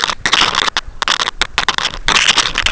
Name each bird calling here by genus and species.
none